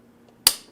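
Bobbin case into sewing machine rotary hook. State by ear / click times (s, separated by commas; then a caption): seated / 0.5 s. A metal bobbin case is pushed onto the rotary hook of a sewing machine until its outside latch finger clicks in. After near-silence, a single sharp, bright click sounds at 0.5 s and decays quickly. The bobbin case is seated.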